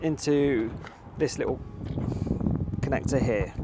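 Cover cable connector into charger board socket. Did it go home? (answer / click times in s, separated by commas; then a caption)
no / none. Someone talks while handling the front cover's cable plug of a Hypervolt EV charger, bringing it to the small connector on the charger board. A few faint, brief handling ticks come around 2.4 to 2.7 seconds under the speech. The plug has not seated or clicked in yet.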